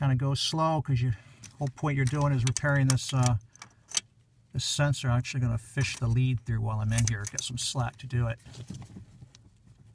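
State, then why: Not seated. Someone talks while handling a new power steering EVO turning speed sensor, with its new bearing and cage, on a 1997–99 GM Chevy/GMC truck, fishing the sensor lead through for slack and going slowly to work the assembly back into the steering column. Only a few faint, sharp handling taps are heard between the talking. Nothing has snapped or seated into the column yet.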